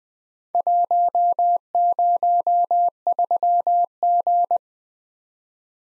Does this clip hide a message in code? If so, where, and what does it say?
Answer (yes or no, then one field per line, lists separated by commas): yes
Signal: Morse code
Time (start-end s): 0.5-4.6 s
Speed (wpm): 20 wpm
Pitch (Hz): 700 Hz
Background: none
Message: 103G